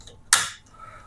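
The plastic ribbon compartment cover of a P100/P103 series label printer is pressed closed during a print head replacement. A single sharp, bright snap sounds at 0.3 s and fades within about a quarter second, and the cover latches shut.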